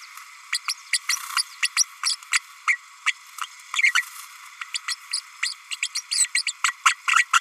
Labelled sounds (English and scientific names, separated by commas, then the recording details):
Green-rumped Parrotlet (Forpus passerinus) babbling
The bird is a female
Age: 32 days
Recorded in a nest box in Venezuela
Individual 17B32A5